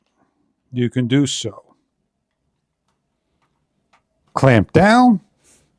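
Someone talks while handling a Telesin action-camera bike mount clamp with rubber inserts as it is clamped down around a bicycle handlebar. Only the voice and a few very faint ticks are heard. Nothing has seated or locked into place yet.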